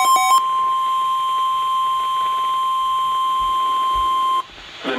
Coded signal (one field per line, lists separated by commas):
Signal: Emergency Alert System (SAME) tones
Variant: 1050 Hz attention tone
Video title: [EAS #284] Buffalo’s Shenanigans